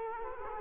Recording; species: mosquito wingbeat signal from an infrared sensor; Culex quinquefasciatus